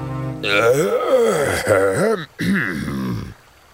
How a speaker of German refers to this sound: … räuspert sich.